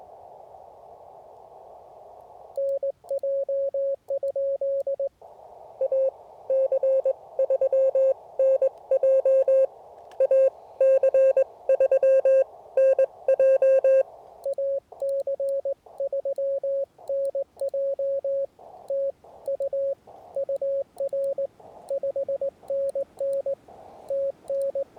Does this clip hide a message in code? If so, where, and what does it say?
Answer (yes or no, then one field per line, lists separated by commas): yes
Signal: Morse code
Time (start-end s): 2.6-24.8 s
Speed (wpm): 22 wpm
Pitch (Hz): 560 Hz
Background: radio noise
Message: NJ? AC3NJ AC3NJ AC3NJ TU UR 5NN TN